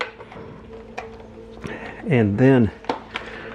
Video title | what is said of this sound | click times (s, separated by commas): 2014 GSXR 750 Wiring Harness Install - Part 1 | the piece that holds the battery you want to slide that in till it till it clicks | 0.0 s